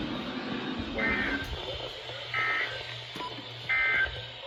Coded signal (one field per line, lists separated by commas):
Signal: Emergency Alert System (SAME) tones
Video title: EAS NUMBER ONE THOUSAND | Alerts from 4/11/24 - 4/12/24 (EAS #989 - #1005!!!)